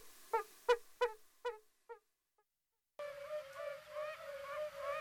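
Yellow-bellied toad calls, a few clear low hoots that fade away, then a brief silence before a continuous murmur of sound.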